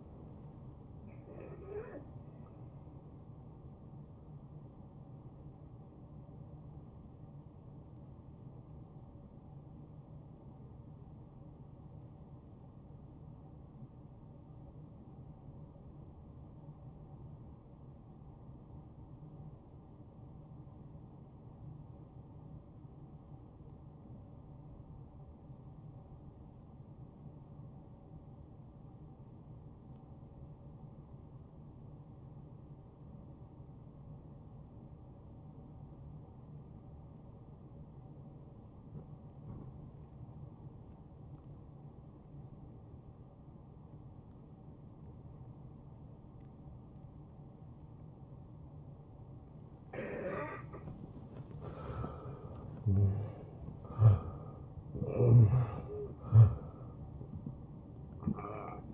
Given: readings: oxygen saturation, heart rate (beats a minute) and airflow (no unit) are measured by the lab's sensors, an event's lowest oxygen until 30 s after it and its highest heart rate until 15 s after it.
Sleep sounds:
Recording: breathing in sleep by a smartphone at the bedside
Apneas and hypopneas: 1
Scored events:
1.00-31.00 s: new sleep stage, N1 (lightest sleep)
10.00-50.10 s: obstructive apnea (N1, oxygen 95% highest, then 83% lowest, heart rate 68 at the start, 79 highest)
31.00-58.93 s: new sleep stage, N2 (light sleep)
From the record:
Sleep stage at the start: N2 (light sleep)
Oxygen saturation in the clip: 82 to 95%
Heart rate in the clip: 55 to 77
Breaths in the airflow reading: 4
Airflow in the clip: -16.2 to 8.9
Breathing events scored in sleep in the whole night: 263 in 5.5 hours asleep

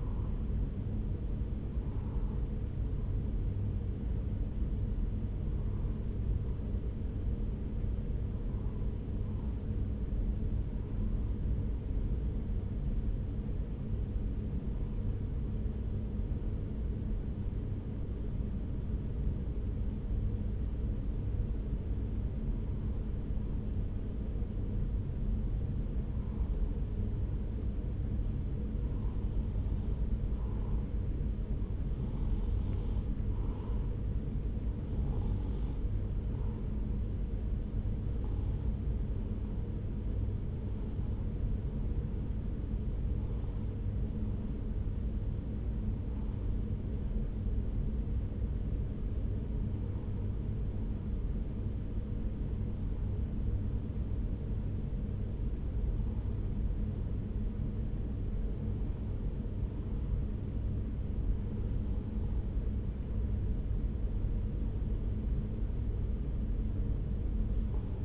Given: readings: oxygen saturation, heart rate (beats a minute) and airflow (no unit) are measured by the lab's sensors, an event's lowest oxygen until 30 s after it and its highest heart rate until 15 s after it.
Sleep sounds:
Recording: breathing in sleep by a smartphone at the bedside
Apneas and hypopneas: 1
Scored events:
7.00-30.00 s: hypopnea (N2, oxygen 96% highest, then 92% lowest)
From the record:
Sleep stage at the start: N2 (light sleep)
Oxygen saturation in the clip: 92 to 96%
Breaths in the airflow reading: 22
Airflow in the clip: -3.0 to 1.8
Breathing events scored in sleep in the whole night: 335 in 6.7 hours asleep

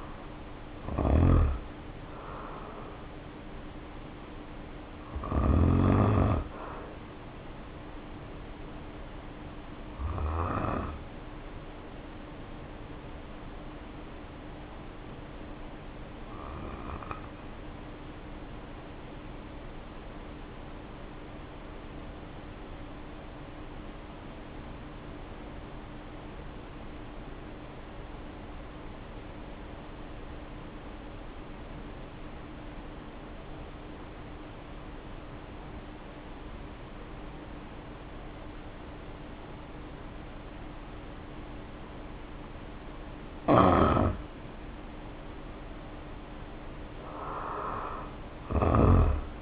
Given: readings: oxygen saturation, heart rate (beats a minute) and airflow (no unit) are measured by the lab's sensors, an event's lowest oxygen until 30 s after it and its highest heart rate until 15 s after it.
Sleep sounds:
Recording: breathing in sleep by a voice recorder at the bedside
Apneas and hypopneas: 1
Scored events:
9.00-42.80 s: hypopnea (N1, oxygen 95% highest, then 73% lowest, heart rate 52 at the start, 70 highest)
14.00-44.00 s: new sleep stage, N2 (light sleep)
44.00-49.42 s: new sleep stage, N1 (lightest sleep)
From the record:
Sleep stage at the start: N1 (lightest sleep)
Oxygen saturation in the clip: 76 to 95%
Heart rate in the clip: 47 to 70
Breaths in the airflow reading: 13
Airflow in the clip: -2.0 to 2.6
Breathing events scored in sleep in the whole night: 520 in 7.2 hours asleep

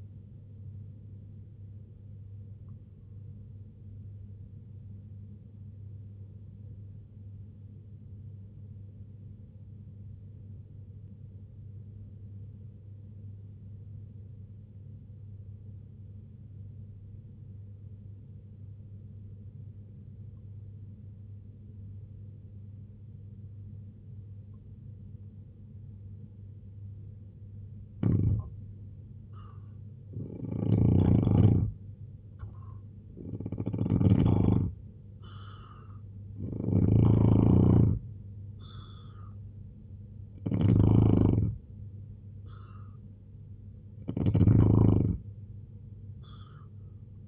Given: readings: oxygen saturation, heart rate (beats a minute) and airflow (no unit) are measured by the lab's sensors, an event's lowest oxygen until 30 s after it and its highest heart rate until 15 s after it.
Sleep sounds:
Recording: breathing in sleep by a smartphone at the bedside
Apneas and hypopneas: 1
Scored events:
8.00-27.90 s: obstructive apnea (N1, oxygen 95% highest, then 84% lowest, heart rate 61 at the start, 80 highest)
11.00-41.00 s: new sleep stage, N2 (light sleep)
41.00-47.28 s: new sleep stage, N1 (lightest sleep)
From the record:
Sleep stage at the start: N1 (lightest sleep)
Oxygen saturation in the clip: 85 to 95%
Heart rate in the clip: 58 to 80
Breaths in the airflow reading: 7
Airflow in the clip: -2.9 to 6.4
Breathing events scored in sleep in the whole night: 258 in 7.4 hours asleep

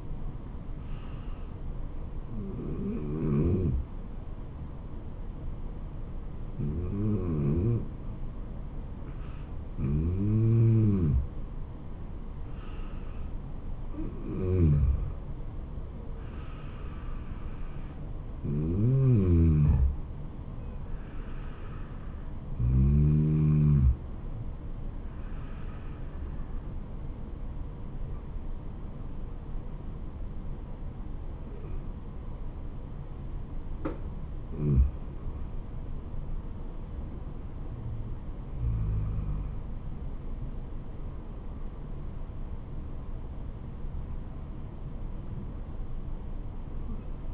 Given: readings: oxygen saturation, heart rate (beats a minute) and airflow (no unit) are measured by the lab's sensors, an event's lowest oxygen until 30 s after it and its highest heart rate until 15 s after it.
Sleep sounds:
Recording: breathing in sleep by a smartphone at the bedside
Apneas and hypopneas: none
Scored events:
none scored
From the record:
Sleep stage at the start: N2 (light sleep)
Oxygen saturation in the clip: 93 to 95%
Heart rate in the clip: 66 to 76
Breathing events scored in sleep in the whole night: 426 in 7.4 hours asleep

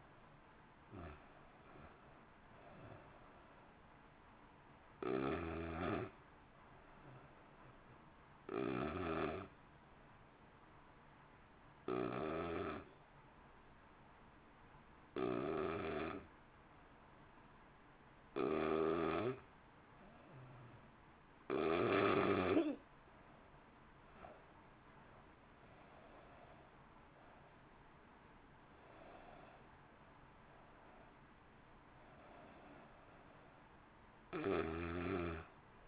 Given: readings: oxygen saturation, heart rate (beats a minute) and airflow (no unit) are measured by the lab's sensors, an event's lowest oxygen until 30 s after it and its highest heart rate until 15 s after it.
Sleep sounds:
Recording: breathing in sleep by a voice recorder at the bedside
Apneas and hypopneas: 1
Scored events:
8.00-23.40 s: hypopnea (N1, oxygen 93% highest, then 84% lowest, heart rate 56 at the start, 61 highest)
From the record:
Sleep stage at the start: N1 (lightest sleep)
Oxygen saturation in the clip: 86 to 93%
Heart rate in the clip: 55 to 61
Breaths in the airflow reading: 13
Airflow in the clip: -1.1 to 1.4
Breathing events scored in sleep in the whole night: 328 in 6.3 hours asleep

